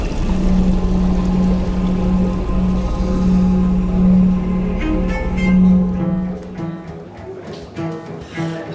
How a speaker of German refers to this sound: Echte Trümmer und Knochensplitter strudeln mit dem künstlichen Meer hinaus in die Cloaca Maxima. In die Mittagsruhe nach dem Sturm.